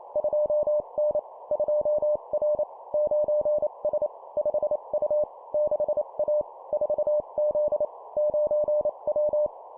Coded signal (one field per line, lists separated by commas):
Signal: Morse code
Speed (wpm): 28 wpm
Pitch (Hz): 600 Hz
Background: none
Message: 2N 2R 9S 5U 6A 4Z 9W